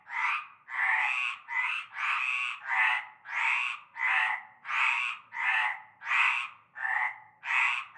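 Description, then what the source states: Frog chorus of buzzy, rasping croaks, long and short calls interleaved in a busy, near-continuous series. Chorus of frogs at nightfall in a large concrete basin with stagnant greenish water, Avenue Cante Coucou, Groupède, La Ciotat, Bouches-du-Rhône, France.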